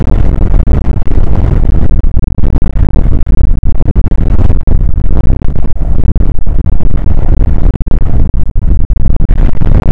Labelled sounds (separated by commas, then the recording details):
wind
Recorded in the Prudhoe Bay oil fields, Alaska, on 29 May 2019 at 00:00
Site 25